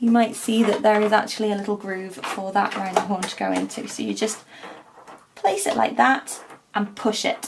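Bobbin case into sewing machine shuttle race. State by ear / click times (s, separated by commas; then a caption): not seated / none. A threaded metal bobbin case is placed into a sewing machine's shuttle race with its horn pointing up and pushed in by hand while someone talks throughout. Only faint handling sounds are heard under the speech, and the bobbin case has not yet clicked or seated when the clip ends.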